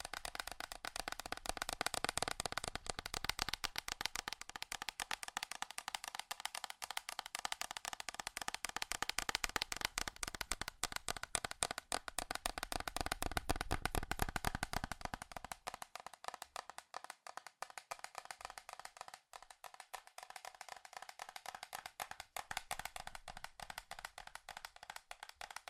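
Fast, furious tapping on metal, a dense relentless stream of bright clicks that thins and loses its low thud after about fifteen seconds.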